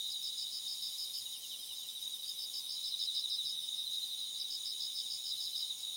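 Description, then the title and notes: Insects chirping in a dense, steady high-pitched chorus, with fast pulsed trills layered over a constant shrill hum and nothing else clearly audible. Thousands of insects calling together. "thousands of insects. miduno"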